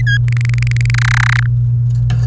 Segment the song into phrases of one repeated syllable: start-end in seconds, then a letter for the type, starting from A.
0.00-0.18 A, 0.28-0.90 B, 0.94-1.46 C